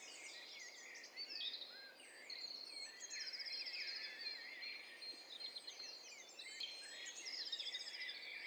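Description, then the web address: Bird songs from many birds at once: a dense, overlapping chorus of high whistles, slurred sweeps and rapid trills, with no single voice leading. Overlapping mix of several birds, hi-fi stereo, from a bird cocktail party challenge test set. "Hi Fi STEREO BIRD COCKTAIL PARTY Challenge SBCP TESTSET"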